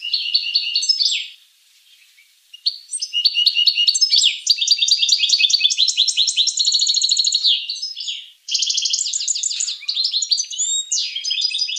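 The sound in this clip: Finch song, high buzzy trills, a short pause, then a long fast run of chattering notes and sweeping slurs.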